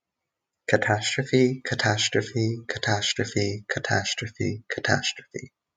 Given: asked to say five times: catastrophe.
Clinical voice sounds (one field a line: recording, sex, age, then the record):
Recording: repeated word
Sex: male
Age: 20 to 29 years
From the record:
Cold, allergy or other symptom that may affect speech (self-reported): no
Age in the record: 26 years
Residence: Maryland, United States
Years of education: 19